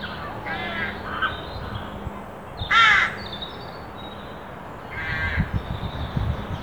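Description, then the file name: Carrion crow giving a few harsh caws, one loud rasping call near the middle, fainter calls before and after, over low rumbling background noise. "Corvus corone"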